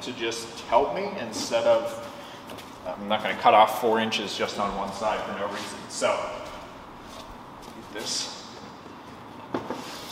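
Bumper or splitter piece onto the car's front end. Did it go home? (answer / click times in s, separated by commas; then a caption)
yes / 9.6 s. While laying out an Alumalite race car splitter, someone talks, then pushes the bumper or splitter piece onto the car's front end. It snaps into place with a short, sharp click at 9.6 s, fully seated.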